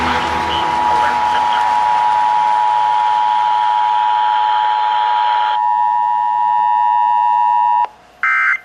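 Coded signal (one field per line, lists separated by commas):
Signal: Emergency Alert System (SAME) tones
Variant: 853 and 960 Hz attention tone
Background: speech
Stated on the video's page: Real EAS alerts received from two new stations.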